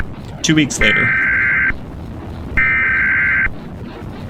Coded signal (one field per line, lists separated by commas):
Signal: Emergency Alert System (SAME) tones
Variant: header bursts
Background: speech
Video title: Exploring Terrifying EAS Scenarios